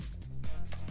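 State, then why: Not seated. The assembled upper body of a plastic Altaya Iron Man collector model (issues 97 and 98) is handled and positioned over its lower body and pelvis, ready to be pushed on. A steady low tonal background runs throughout, with a brief soft handling rustle near 0.7 s. Nothing has seated or clicked yet.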